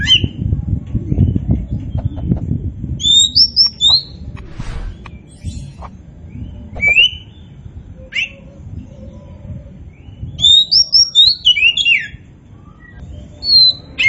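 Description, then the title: Oriental magpie-robin giving scattered clear whistles and chirps between pauses, over low rumbling background noise and a few clicks. Oriental magpie-robin of the poci variety, described as gacor, singing vigorously. "Kacer Poci"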